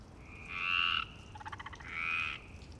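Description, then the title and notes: Frog calls: two loud croaks with a quick rattling pulse burst between them, over a quiet background. Frog chorus at Parc Longchamp, Marseille, Provence-Alpes-Côte d'Azur, France, 26 March 2011, 19:35; recorded with MixPre-6 and Basic Ucho. "Marseille, Provence-Alpes-Côte d'Azur, France - 26_03_11_19_35 Longchamps_004 grenouilles. Grenouilles au parc de Longchamp"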